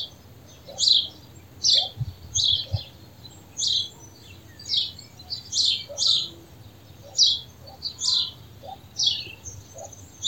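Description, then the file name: House sparrow chirps, short bright notes repeated many times in loose pairs and singles, steady throughout over a quiet background. "Passer domesticus"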